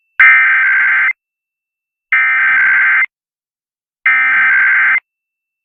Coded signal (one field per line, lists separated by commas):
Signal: Emergency Alert System (SAME) tones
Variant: header bursts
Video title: 97.3 The Fan Join The Weekend Tests (EAS #21946-21950) 8/24-25/24